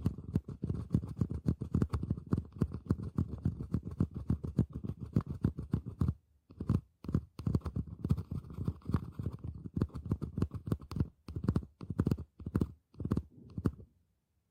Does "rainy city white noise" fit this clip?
no